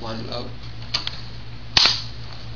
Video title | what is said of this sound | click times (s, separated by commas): Part 2 of the SMLE vs. The Arisaka | Locks into place. | 1.8 s